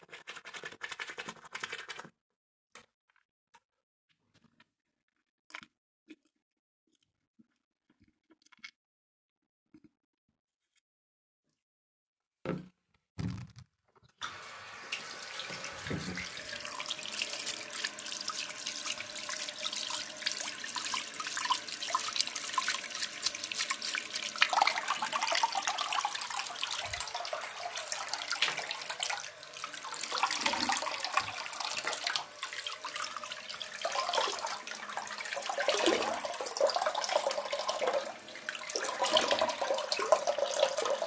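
Brushing teeth and washing up: the first fourteen seconds are mostly quiet, broken by a few short scrapes and clicks. Then running water starts and continues as a dense, bright hiss for the rest of the clip, its tone shifting now and then with splashes.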